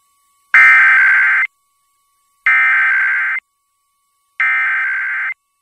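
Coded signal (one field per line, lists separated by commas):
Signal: Emergency Alert System (SAME) tones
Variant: header bursts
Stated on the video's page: Weekly test alerts, including from a K-LOVE radio station.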